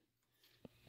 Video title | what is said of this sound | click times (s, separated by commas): 2017 CHEVY SILVERADO RADIATOR SHUTTER ASSEMBLY REPLACEMENT | So just slide in, hear it lock in place, and then push the little black clip in. | 0.7 s